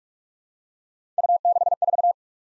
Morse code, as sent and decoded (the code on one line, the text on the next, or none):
..- -.... ....-
U64